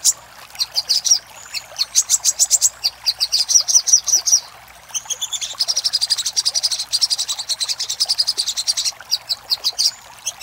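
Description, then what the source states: Little spiderhunter: fast high-pitched chip series, a short silence, then a long buzzy rattling trill followed by more evenly spaced chips. Master recording for training cage birds; labelled Labaik.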